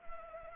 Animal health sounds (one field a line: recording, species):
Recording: mosquito wingbeat signal from an infrared sensor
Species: Anopheles arabiensis